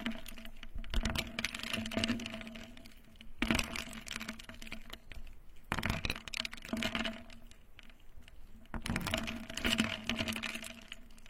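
Ice rattles and clinks in water in four bursts of dense, bright clicking, each lasting one to two seconds, with short quieter gaps between them. A steady low hum with a faint higher tone runs underneath throughout.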